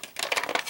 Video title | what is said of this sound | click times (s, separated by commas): Collectible Spot - Mecha Workshop Armarauders Bellerophon Sentinel | the other side snap that also into place | 0.3 s